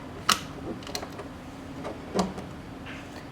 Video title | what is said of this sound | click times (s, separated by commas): Reciprocating Wear Tester Demonstration | there is a power source in here you can just put it in there and you can hear a click and is in the position | 0.3 s